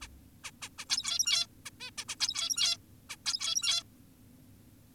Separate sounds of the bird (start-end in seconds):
0.02-0.08, 0.44-0.51, 0.62-0.69, 0.78-0.85, 0.90-1.47, 1.66-1.70, 1.80-1.91, 1.98-2.05, 2.08-2.16, 2.20-2.77, 3.10-3.16, 3.26-3.83